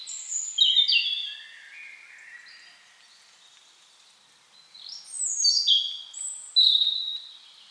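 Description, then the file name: European robin delivering two high phrases of whistles and trills, separated by a pause of about two seconds. "Erithacus rubecula"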